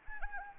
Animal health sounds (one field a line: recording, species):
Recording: mosquito wingbeat signal from an infrared sensor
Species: Anopheles arabiensis